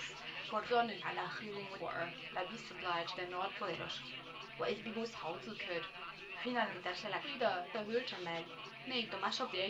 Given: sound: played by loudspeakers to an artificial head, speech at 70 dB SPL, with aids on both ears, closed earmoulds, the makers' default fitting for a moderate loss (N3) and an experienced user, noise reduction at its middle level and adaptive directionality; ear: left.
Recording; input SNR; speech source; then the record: speech test signal (ISTS) in cocktail-party noise; +9 dB; on the right (90 degrees)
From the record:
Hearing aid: class 1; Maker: F